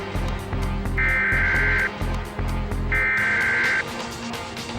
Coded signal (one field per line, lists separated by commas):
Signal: Emergency Alert System (SAME) tones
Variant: header bursts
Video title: EAS Scenario - True Killer